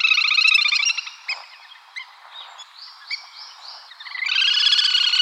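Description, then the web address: Little grebe trilling call: a loud rapid whinnying trill that fades into softer scattered notes, then bursts back into a fast, loud trill near the end. "birdenaga kaituburi"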